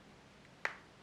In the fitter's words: one more click.